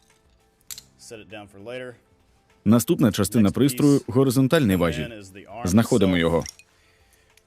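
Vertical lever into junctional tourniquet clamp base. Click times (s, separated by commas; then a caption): 0.7 s. On the clamp base of a Combat Ready Clamp (CRoC) junctional tourniquet, the tab is pulled and the first, vertical lever is raised until it locks upright, giving a sharp click at 0.7 s. Someone then talks for the rest of the clip. The lever is seated and locked.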